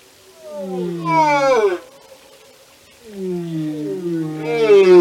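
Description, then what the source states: Whale song with two long harmonic moans, each sliding downward with layered overtones, separated by a brief quiet gap. Whale songs and communication.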